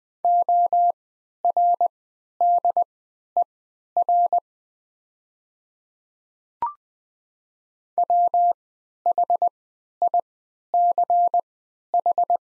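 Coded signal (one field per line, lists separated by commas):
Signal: Morse code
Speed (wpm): 20 wpm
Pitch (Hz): 700 Hz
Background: none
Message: ORDER WHICH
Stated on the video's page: Farnsworth-timed practice set of the top 500 words at 20 wpm with triple character spacing, for moving learners from individual characters to whole words.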